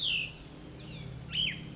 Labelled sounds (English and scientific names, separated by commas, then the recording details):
Cassin's Vireo (Vireo cassinii)
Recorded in Sonoma County, California